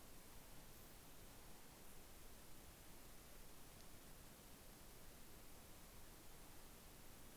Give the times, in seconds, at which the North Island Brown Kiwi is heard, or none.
none